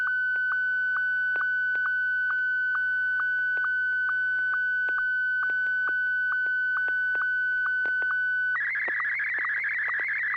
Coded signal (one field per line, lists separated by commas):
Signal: SSTV (slow-scan television)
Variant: Martin 1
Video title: N6NA SSTV Net - 08/23/2023